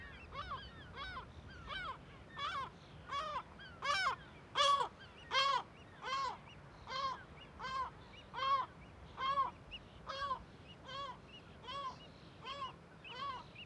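Gull alarm calls, a loud regular series of harsh barking yelps roughly every three-quarters of a second.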